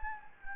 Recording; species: mosquito wingbeat signal from an infrared sensor; Anopheles gambiae